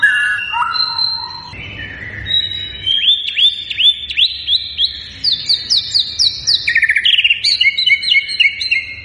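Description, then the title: White-rumped shama song opening with lower fluty notes, then a string of high arching whistles and rapid rising chips repeated in quick series. Continuously singing (gacor) bird, used as a lure to draw a response from other shamas; local name murai batu. "PANCINGAN MURAI BATU GACOR, LANGSUNG RESPON"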